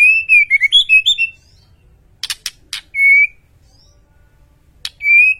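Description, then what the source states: White-rumped shama giving a rapid run of warbled whistles, then hard clicks, a long steady whistled note and, after a pause, another click and whistle. Masteran training track for cage birds; full song in the ngerol (rolling) and nembak (shooting) styles.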